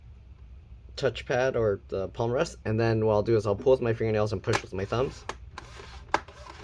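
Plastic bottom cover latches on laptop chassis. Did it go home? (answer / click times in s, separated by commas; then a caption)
released / 5.6 s, 6.1 s. On an HP 15t-da000 laptop, the plastic bottom cover is pried off at the gap where it meets the palm rest, pulling with fingernails and pushing with thumbs while someone talks. The plastic latches release with sharp clicks at 5.6 s and 6.1 s, and the cover pops open.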